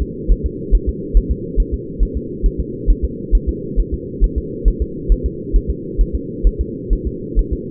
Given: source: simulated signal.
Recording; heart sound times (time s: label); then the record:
fetal heart sounds
0.02 s: S2
0.31 s: S1
0.46 s: S2
0.75 s: S1
0.89 s: S2
1.17 s: S1
1.31 s: S2
1.60 s: S1
1.74 s: S2
2.03 s: S1
2.17 s: S2
2.46 s: S1
2.60 s: S2
2.90 s: S1
3.05 s: S2
3.35 s: S1
3.49 s: S2
3.80 s: S1
3.94 s: S2
4.24 s: S1
4.38 s: S2
4.68 s: S1
4.82 s: S2
5.12 s: S1
5.26 s: S2
5.56 s: S1
5.70 s: S2
6.01 s: S1
6.15 s: S2
6.47 s: S1
6.61 s: S2
6.93 s: S1
7.07 s: S2
7.39 s: S1
7.53 s: S2
From the record:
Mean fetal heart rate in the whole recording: 135 bpm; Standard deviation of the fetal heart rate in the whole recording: 3 bpm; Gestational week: 36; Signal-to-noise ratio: -4.1 dB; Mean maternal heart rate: no maternal heart sound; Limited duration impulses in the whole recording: absent